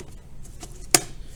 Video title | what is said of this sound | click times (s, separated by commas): Storing Clay Projects at End of Class | hear it snap | 0.9 s